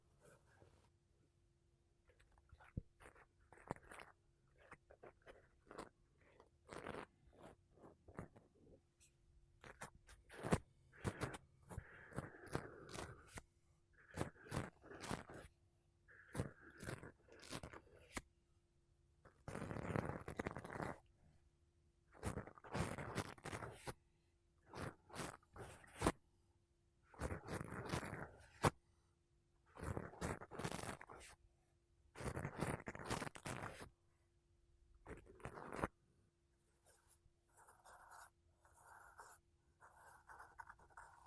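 Makeup brushes and a sponge rub and sweep against a microphone in repeated bursts, some quick scratchy flicks and some longer dense swishes lasting a second or two. The strokes come irregularly, with brief quiet gaps, over a faint steady low hum.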